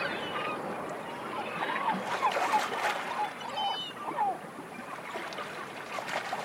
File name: humpback whales